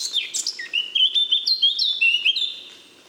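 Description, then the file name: Eurasian blackcap song: a quick scratchy start giving way to loud, fluty whistles that step up and down, trailing off at the end. "Sylvia atricapilla"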